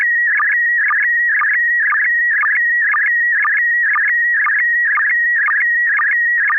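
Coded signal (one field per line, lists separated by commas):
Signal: SSTV (slow-scan television)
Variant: PD120 mode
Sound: steady whistling tone broken twice a second by warbling chirps and low sync blips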